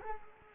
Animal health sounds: mosquito wingbeat signal from an infrared sensor; Culex quinquefasciatus

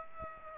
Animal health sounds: mosquito wingbeat signal from an infrared sensor; Aedes aegypti

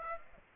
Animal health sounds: mosquito wingbeat signal from an infrared sensor; Aedes aegypti

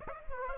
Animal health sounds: mosquito wingbeat signal from an infrared sensor; Aedes aegypti

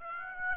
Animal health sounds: mosquito wingbeat signal from an infrared sensor; Aedes aegypti

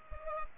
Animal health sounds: mosquito wingbeat signal from an infrared sensor; Culex pipiens

